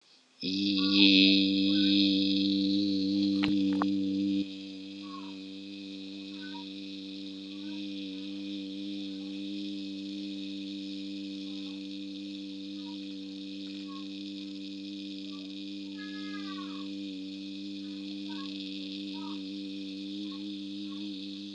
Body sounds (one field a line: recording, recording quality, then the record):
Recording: sustained vowel as in beet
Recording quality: excellent, no background noise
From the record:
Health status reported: healthy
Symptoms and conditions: none ticked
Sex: male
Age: 38 years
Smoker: not ticked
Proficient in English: yes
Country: United States